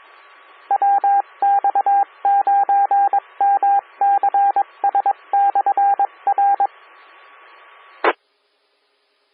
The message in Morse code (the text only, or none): WX9MCS/R E